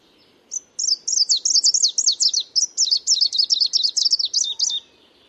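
Bird call of a fast high trill, about twenty sharp zigzag notes packed into four seconds, steady in pitch and rhythm, over a quiet background.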